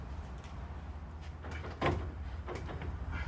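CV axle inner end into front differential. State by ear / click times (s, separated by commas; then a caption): not seated / none. The inner splined end of a front CV axle is pushed into the oiled side seal of the front differential on a Hummer H3, where its retaining ring should pop into place. Against a low steady hum, there is a brief broadband scrape around 1.9 s, followed only by faint, low knocks near 2.5 s and 2.8 s. The snap ring has not audibly clicked or seated yet, though the axle feels all the way in.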